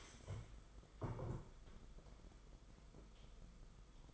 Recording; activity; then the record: daily activity, microphone in the room; stand up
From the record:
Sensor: 5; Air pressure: 990.6 hPa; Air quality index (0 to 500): 150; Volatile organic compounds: 162 ppm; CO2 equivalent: 4072 ppm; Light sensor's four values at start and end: 45/137/53/56 and 45/137/53/56